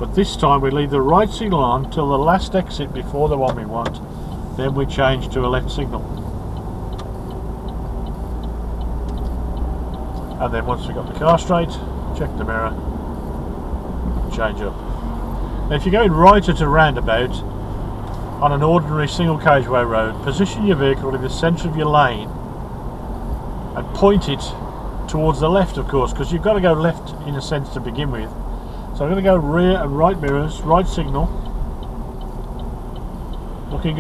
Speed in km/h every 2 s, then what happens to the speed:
18, 15, 18, 21, 24, 24, 27, 29, 32, 32, 32, 32, 31, 29, 26, 24, 21.
3-16 speeds up to 32. 16-26 steady at about 32. 26-34 slows to 21.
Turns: 0-6.